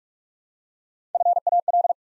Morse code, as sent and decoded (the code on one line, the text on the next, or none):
..-. .- .-..
FAL